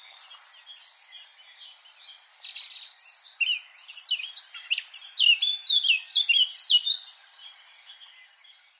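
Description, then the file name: Eurasian blackcap song: quiet buzzy notes at first, then a sequence of loud whistled notes delivered in quick succession. "Sylvia atricapilla"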